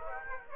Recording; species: mosquito wingbeat signal from an infrared sensor; Aedes aegypti